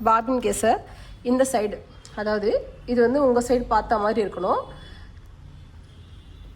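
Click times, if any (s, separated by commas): none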